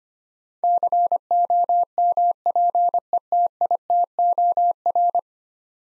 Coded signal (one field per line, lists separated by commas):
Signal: Morse code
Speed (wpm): 25 wpm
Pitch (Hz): 700 Hz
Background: none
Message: COMPETITOR